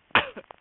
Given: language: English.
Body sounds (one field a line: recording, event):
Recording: throat vibration sensor signal played as sound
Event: cough